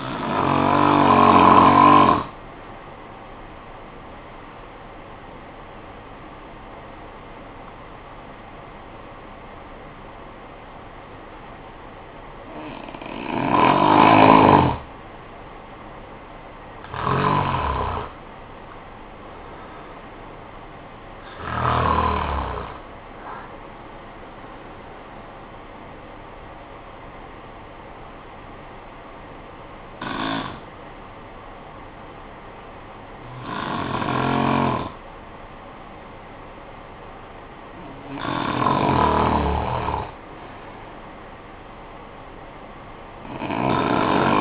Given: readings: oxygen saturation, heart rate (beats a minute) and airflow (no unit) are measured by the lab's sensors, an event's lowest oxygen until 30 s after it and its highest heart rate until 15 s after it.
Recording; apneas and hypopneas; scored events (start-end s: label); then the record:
breathing in sleep by a voice recorder at the bedside; 1
26.00-35.70 s: hypopnea (N2, oxygen 95% highest, then 92% lowest, heart rate 63 at the start, 63 highest)
From the record:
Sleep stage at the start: N2 (light sleep); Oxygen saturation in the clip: 89 to 95%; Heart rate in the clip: 50 to 68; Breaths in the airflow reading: 8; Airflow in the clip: -11.9 to 7.3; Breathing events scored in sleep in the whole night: 445 in 7.6 hours asleep